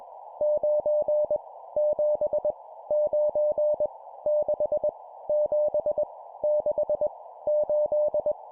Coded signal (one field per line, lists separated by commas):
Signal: Morse code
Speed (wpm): 21 wpm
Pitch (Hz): 600 Hz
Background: none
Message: 9 7 9 6 7 6 8